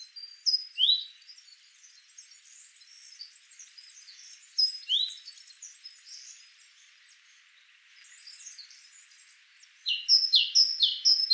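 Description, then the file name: Great tit two-note phrases, high whistle then lower slurred note, with other faint high bird calls in between and a fast run of phrases near the end. "Parus major"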